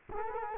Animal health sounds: mosquito wingbeat signal from an infrared sensor; Culex quinquefasciatus

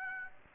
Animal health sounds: mosquito wingbeat signal from an infrared sensor; Aedes aegypti

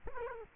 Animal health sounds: mosquito wingbeat signal from an infrared sensor; Culex quinquefasciatus

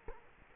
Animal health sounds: mosquito wingbeat signal from an infrared sensor; Culex quinquefasciatus

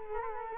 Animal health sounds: mosquito wingbeat signal from an infrared sensor; Culex quinquefasciatus

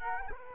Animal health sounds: mosquito wingbeat signal from an infrared sensor; Culex quinquefasciatus

